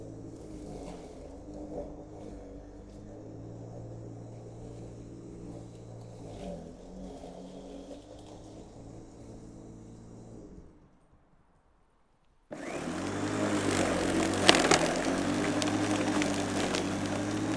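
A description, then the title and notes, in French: An old electric lawn mower drones steadily with a low, even hum for about ten seconds, then winds down into near silence. Around the twelve-second mark it starts again louder and brighter, whirring harshly, with a sharp knock or clatter near fourteen seconds. La tondeuse à gazon. Aujourd’hui on sort la vieille tondeuse, la rallonge et on part à la conquête de notre petit carré de jardin.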